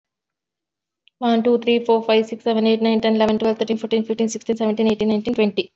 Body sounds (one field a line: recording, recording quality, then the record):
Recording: counting at a fast pace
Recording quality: excellent, no background noise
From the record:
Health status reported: recovered from COVID-19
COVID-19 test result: positive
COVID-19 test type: RT-PCR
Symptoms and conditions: cough, cold, fever, loss of smell and taste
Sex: female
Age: 36 years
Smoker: no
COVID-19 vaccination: both doses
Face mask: worn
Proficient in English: yes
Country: India